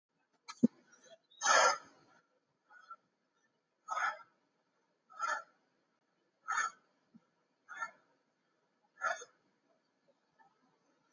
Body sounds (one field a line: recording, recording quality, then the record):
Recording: shallow breathing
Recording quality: excellent, no background noise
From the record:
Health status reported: healthy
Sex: male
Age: 52 years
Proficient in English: no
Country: India